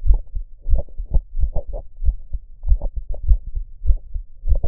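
Steady low thumping heart sounds heard at the cardiac apex of an adult, roughly 95 beats per minute.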